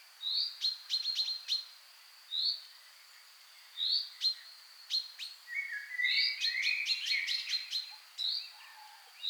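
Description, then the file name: Common chaffinch calls: scattered short 'pink' notes in small clusters, with soft slurred whistles and chatter in between. "Fringilla coelebs"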